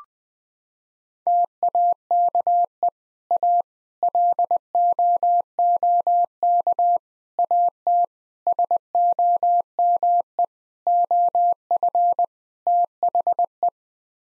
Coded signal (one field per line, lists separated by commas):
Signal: Morse code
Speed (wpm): 21 wpm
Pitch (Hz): 700 Hz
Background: none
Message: TAKE A LOOK AT SOME OF THE